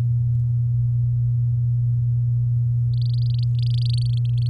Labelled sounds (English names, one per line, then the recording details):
Domestic Canary song
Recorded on 10 May 2018 at 05:52
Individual llb16